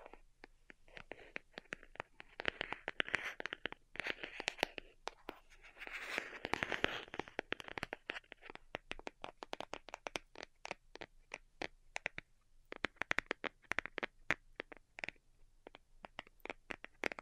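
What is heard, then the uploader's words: Delicate tapping, quick and uneven bursts of light taps, busiest around six to eight seconds, with soft scratchy rustles between them. ASMR DELICATE Tapping for Sleep (No Talking).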